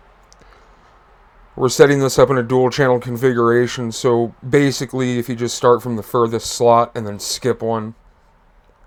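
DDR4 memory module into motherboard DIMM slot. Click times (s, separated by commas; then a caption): 0.3 s, 0.5 s. A DDR4 memory module is slid into a motherboard DIMM slot and pressed down firmly on both sides until it seats. Two sharp clicks come at 0.3 s and 0.5 s, likely the retention clips on each side locking, with the module seated. Then someone talks.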